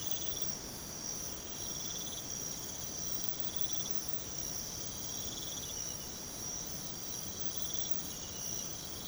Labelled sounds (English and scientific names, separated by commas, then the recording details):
none
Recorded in pastures near Puerto Asís, Putumayo, Colombia, on 13 March 2025 at 03:30
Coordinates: 0.486, -76.323
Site G075